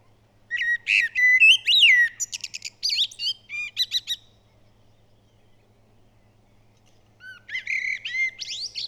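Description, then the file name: Common blackbird song, a long phrase of rich fluty notes and rapid high twittering, then silence before a softer phrase begins. "Turdus merula"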